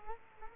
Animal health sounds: mosquito wingbeat signal from an infrared sensor; Culex quinquefasciatus

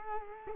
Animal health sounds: mosquito wingbeat signal from an infrared sensor; Culex quinquefasciatus

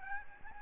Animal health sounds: mosquito wingbeat signal from an infrared sensor; Aedes albopictus

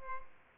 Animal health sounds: mosquito wingbeat signal from an infrared sensor; Culex pipiens

